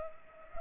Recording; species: mosquito wingbeat signal from an infrared sensor; Culex pipiens